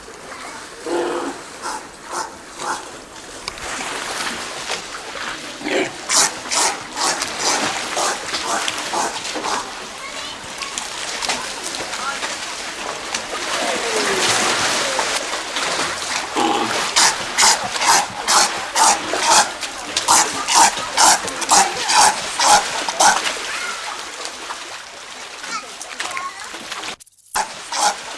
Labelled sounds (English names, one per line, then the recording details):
South American Sea Lion call
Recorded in captivity
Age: adult
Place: Tiergarten Schönbrunn, Wien, AT
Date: 1999-11-10 16:40
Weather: overcast, ca. 5°C
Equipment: Sony WM-D6C, Sennheiser ME 80, Kopie Uher 4000 Report Monitor
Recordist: Tembrock, Günter
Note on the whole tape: Diverse Laute bei Fütterung, (abweichende Zeitansage 15.40 Uhr)